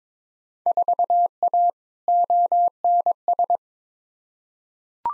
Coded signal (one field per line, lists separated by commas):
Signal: Morse code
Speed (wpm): 22 wpm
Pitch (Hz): 700 Hz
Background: none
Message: 4A ONS